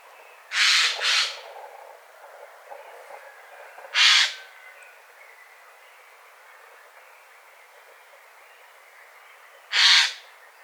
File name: Garrulus glandarius